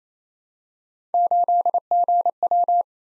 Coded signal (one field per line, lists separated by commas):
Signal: Morse code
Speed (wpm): 28 wpm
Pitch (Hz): 700 Hz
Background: none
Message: 8GW